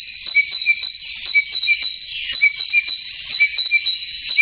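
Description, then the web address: Narcissus flycatcher song: short high whistled notes alternating with lower notes, repeated in a steady rhythm. "sikioto. kibitaki"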